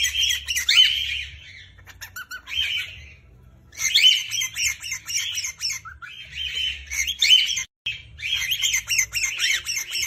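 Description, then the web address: Cockatiel screaming: harsh, grating, high squawks in uneven bursts, with short quiet gaps between bouts. Screams of a female and a male cockatiel. "cockatiel. صدای-جیغ-عروس-هلندی-ماده-و-نر"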